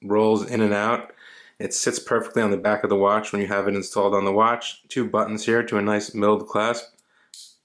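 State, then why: Seated. Someone talks while handling the steel bracelet of a Phoibos Great Wall 500M dive watch. At 7.3 s, the metal deployant folding clasp is closed and snaps home with a short, solid click, seating securely.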